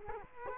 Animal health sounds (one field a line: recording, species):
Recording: mosquito wingbeat signal from an infrared sensor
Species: Culex quinquefasciatus